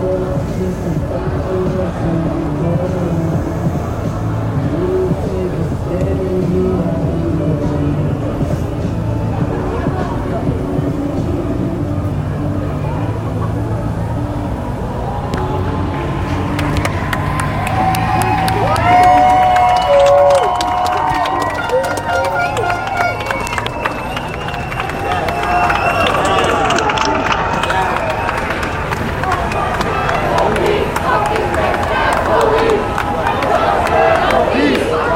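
Crowd noise at a peaceful protest in New York City, a dense, steady wash of many voices talking over one another. From about 16 seconds the sound grows busier and brighter, with sharp clatters, clicks and raised voices, then settles back into continuous chatter and traffic-like rumble.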